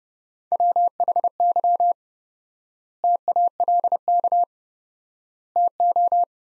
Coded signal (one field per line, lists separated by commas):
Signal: Morse code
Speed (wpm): 32 wpm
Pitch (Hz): 700 Hz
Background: none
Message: WHY TALK TO